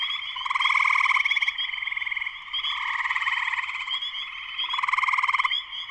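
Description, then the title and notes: Spring peepers in full chorus, a continuous shrill peeping and rapid trilling that builds and eases in waves. Full chorus of many spring peepers shortly after sunset, Sleeping Bear Dunes National Lakeshore, northern Michigan, USA; recorded by Darrin Wassom. "Spring peepers (chorus frogs) in concert. Spring peepers (chorus frogs) in full chorus shortly after sunset in the Sleeping Bear Dunes National Lakeshore in northern Michigan, USA. Recorded by Darrin Wassom. Music for Sleep"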